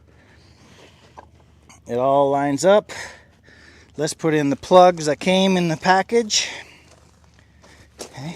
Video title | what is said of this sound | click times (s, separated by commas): COOLING FAILURE: Replacing a Leaking Water Pump ('58 Willys DJ-3A) | Oké, die klikt er zo in. Alles past. | 1.2 s